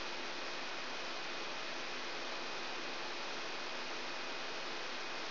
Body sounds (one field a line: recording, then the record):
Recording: brain microelectrode recording played as sound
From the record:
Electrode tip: outside the subthalamic nucleus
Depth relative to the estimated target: -6 mm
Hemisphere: left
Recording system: AlphaMap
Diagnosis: Parkinson's disease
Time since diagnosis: 9 years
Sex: female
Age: 63 years